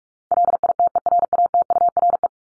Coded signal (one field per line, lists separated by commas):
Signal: Morse code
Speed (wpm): 44 wpm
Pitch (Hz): 700 Hz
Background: none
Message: LITERATURE